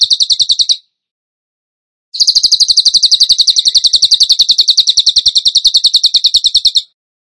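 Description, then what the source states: Bird sings a short burst of quick high repeated notes, falls silent, then delivers a long even string of the same rapid notes. Songbird training song (masteran), in the gacor tembakan style.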